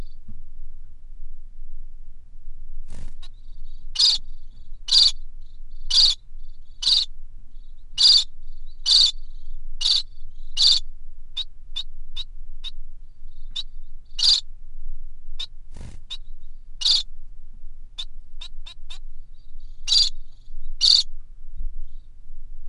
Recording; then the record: song of a male Bengalese finch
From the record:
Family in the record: son of father 3